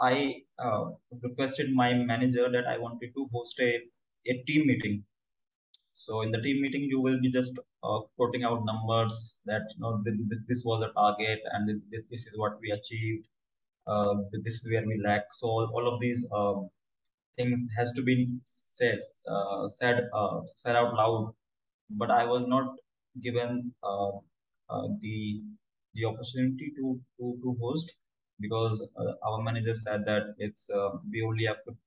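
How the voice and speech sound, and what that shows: A 26-year-old man who stammers, with onset around age 8 or 9 and no speech therapy, recounts a workplace story. He makes frequent whole-word repetitions ("to, to, to host", "the the"), revises a word ("says, said, said"), and uses stretched sounds, silent pauses and many "uh" fillers. These disfluencies are typical of stammering (stuttering).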